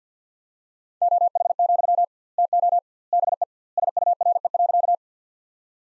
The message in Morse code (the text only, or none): OH, TO BE SURE.